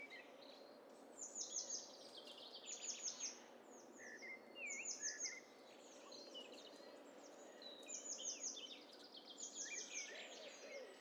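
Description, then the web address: Several birds calling together, with repeated high descending trilled phrases, short chirps and sweeping whistles overlapping in bursts. Hi-fi stereo mixture of several birds. "Hi Fi STEREO BIRD COCKTAIL PARTY"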